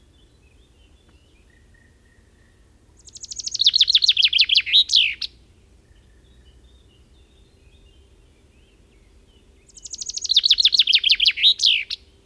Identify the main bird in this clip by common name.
Common Chaffinch